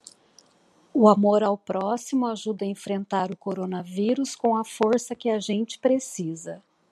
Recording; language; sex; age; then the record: spoken sentence; Brazilian Portuguese; female; 50 to 59 years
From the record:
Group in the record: control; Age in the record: 56 years